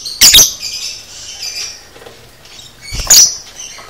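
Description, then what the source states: Lovebird: two sharp, shrill squawking chirps about three seconds apart, with soft high twittering in the background. Lovebird, described as "paud"; a "masteran" recording used to train cage birds.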